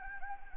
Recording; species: mosquito wingbeat signal from an infrared sensor; Anopheles gambiae